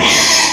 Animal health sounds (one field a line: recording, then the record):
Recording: squeal of a Yucatan mini pig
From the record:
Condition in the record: before surgery on the right vocal fold (resection and tissue-engineered implant)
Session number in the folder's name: 2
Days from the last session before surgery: 0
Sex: male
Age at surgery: 12 weeks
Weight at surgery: 13 kg